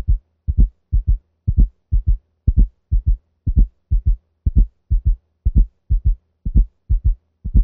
All four heart sounds may be heard, forming a quadruple rhythm. The cadence of the sounds is 4, 1, 2, 3.